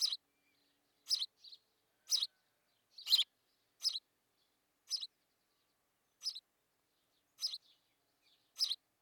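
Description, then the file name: House sparrow giving repeated harsh chirps roughly every second, with a few quieter notes between them. "Passer domesticus"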